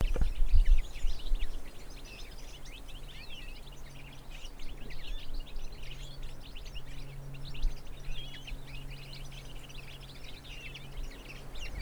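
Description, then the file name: European goldfinch giving fast tinkling twitters, a steady stream of bright chirpy notes, over a low hum and a loud thump at the start. "Carduelis carduelis"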